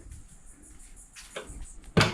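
A plastic quick-release mount connector on a jet ski fishing rack is turned to lock it down onto the deck base. After soft handling noise and small ticks near 1.4 and 1.8 seconds, a sharp, loud snap rings out at 2.0 seconds. The connector is seated and locked in place.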